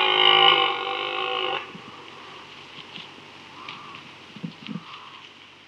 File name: Red Deer (Cervus elaphus)